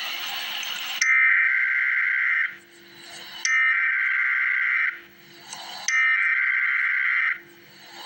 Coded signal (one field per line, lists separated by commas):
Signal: Emergency Alert System (SAME) tones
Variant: header bursts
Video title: Emergency Alert System - Special Weather Statement - Mar 17, 2026 at 1:56 PM EDT